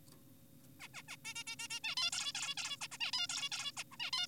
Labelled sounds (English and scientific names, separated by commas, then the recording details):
Zebra Finch (Taeniopygia guttata)
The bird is an adult
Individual g4p5U